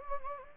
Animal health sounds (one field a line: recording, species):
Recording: mosquito wingbeat signal from an infrared sensor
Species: Anopheles gambiae